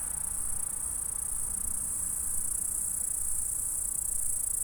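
Insects stridulate in an unbroken high, sizzling drone, with low background rumble and nothing else distinct.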